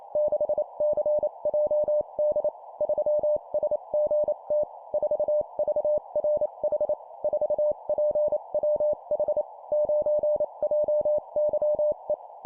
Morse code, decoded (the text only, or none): 6CJD 3SGT 4VRH 4PWH 9JYE